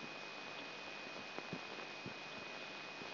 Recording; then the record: brain microelectrode recording played as sound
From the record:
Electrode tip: outside the subthalamic nucleus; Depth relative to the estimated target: 4 mm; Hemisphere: left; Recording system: AlphaMap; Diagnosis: Parkinson's disease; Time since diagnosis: 9 years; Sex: male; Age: 58 years